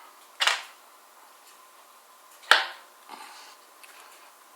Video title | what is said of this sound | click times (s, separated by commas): Basics on shifter Linkage | and you can hear it lock | 2.5 s